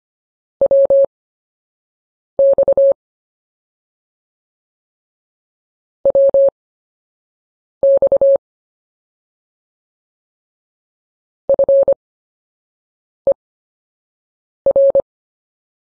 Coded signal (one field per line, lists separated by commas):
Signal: Morse code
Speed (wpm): 25 wpm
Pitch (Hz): 550 Hz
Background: none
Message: WX WX FER